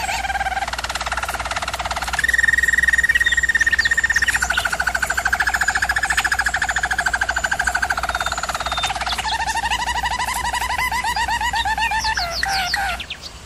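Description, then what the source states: German Roller canary singing continuous rolling tours, rapid pulsed trills shifting between low and higher pitch levels, barely pausing across the whole stretch. Canary song used for canary training.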